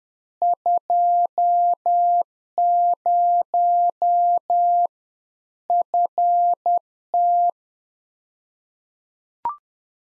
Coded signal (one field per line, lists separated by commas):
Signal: Morse code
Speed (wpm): 10 wpm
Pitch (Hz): 700 Hz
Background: none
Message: 20 FT